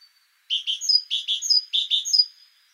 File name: Parus major